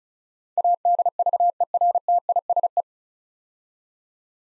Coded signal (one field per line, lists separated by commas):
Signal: Morse code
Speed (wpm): 36 wpm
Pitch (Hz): 700 Hz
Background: none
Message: ADVERTISE